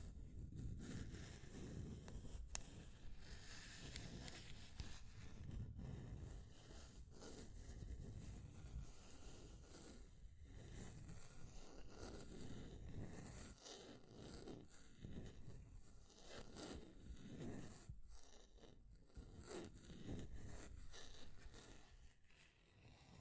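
Scratching and tracing sounds run continuously, a dense rustle of short strokes and scrapes with a few zipper-like rasps. The texture stays busy and fairly even throughout, weighted toward a low rumbling hiss, with brief brighter clicks, a sharp one near the two-second mark.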